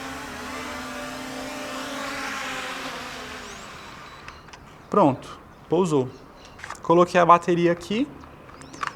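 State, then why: Seated. A flight battery is pushed into the battery bay of a small camera drone after it lands, over a fading whir at the start and someone talking. A sharp click at 8.9 s marks the battery seating in place.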